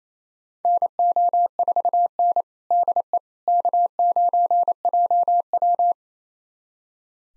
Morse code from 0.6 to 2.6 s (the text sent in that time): NO4N